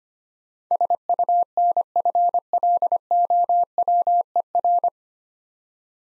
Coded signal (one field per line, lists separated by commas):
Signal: Morse code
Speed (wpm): 25 wpm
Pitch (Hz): 700 Hz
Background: none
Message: SUNFLOWER